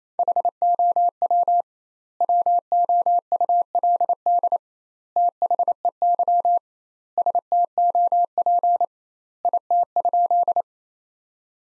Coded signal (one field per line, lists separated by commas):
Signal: Morse code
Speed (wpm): 28 wpm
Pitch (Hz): 700 Hz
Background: none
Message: HOW WOULD THEY STOP IT?